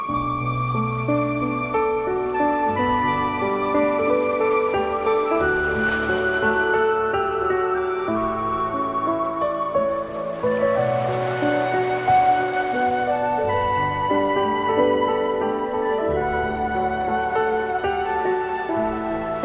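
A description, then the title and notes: Piano and flute play slow, sustained chords that shift every few seconds, with a low bass line underneath. Sea sounds swell into a soft hiss around six seconds and again from ten to thirteen seconds. The overall level stays steady throughout. Piano and flute with sounds of the sea.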